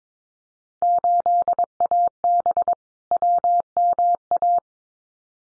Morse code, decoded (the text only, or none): 8AB WMA